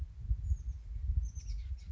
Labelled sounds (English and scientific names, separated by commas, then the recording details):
Oak Titmouse (Baeolophus inornatus)
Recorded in Sonoma County, California